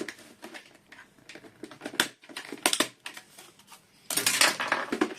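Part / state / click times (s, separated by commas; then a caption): plastic top cover onto robot vacuum base / not seated / none. A plastic top cover is pressed onto the base of a Xiaomi Essential robot vacuum with the front cover lifted, giving scattered plastic knocks and rattles with sharper taps near 2.0 s, 2.7 s and a louder scraping burst around 4.3–4.4 s. The cover has not seated, and no click is heard.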